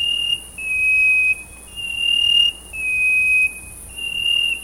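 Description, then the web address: Chestnut-breasted wren giving long, pure, high whistles, alternating a higher held note and a slightly lower one, over a constant background hiss. Recorded in Ecuador. "S America Birds of Ecuador. Chestnut-breasted Wren"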